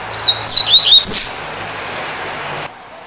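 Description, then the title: Double-collared Seedeater song: a fast tumble of high whistled slurs ending in a sharp descending note. "Canto Coleiro"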